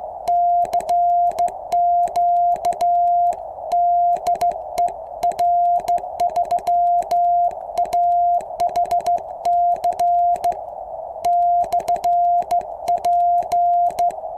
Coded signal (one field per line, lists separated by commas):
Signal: Morse code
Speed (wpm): 15 wpm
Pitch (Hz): 700 Hz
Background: none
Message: CQ DE R3AHC/P